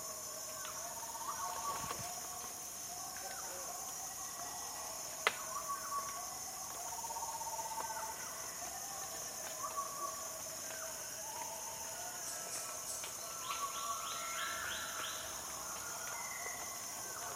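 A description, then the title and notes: Dense jungle chorus of steady high insect drone, with scattered bird calls throughout, a sharp click near five seconds, and rapid chirps near thirteen seconds. In The Jungles Of Borneo. One of my favourite soundscapes to listen to and record is that of rainforest hills. The complex layers of calls as the day progresses.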